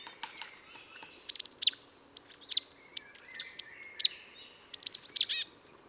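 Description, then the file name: Marsh tit giving quick, high, sharp call notes, some paired or in rapid runs, spaced irregularly over a quiet, slightly noisy background. "Poecile palustris"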